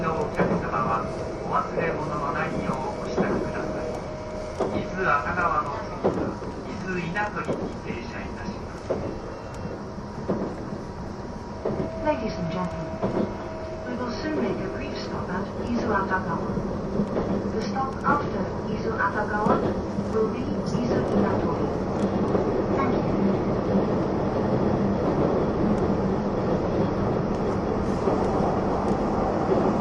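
Running sound of the E261 series Saphir Odoriko No. 1 train: a steady low rumble with faint voices over it. A thin motor whine rises and holds in the first half, and the rolling noise grows fuller and louder after about twenty seconds.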